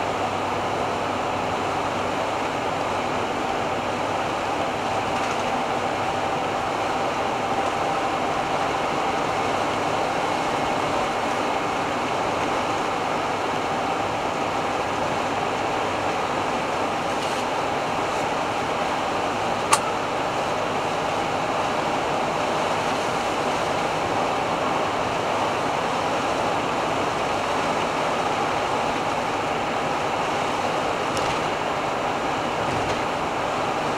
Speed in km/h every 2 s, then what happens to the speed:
88, 89, 89, 90, 91, 90, 91, 91, 92, 92, 92, 93, 94, 94, 93, 92, 92.
0-34 steady at about 92.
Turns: none.